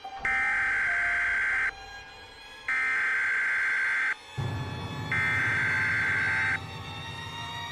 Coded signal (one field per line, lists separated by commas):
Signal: Emergency Alert System (SAME) tones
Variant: header bursts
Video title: EAS Scenario #9 The Disaster of The United States